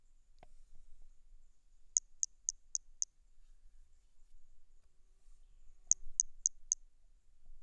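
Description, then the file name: Brachycephalus hermogenesi toadlet giving two rapid runs of four to five very high, crisp clicking notes, a quiet gap of about three seconds between them. Individual 03 recorded at Boraceia on 30 March 2019. "MHNCI Brachy hermogenesi ind 03 Boraceia 30 marco 2019 MRB"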